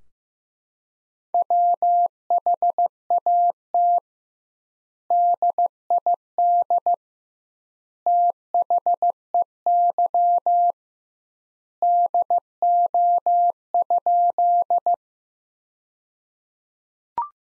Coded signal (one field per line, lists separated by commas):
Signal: Morse code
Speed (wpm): 15 wpm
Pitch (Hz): 700 Hz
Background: none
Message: WHAT DID THEY DO?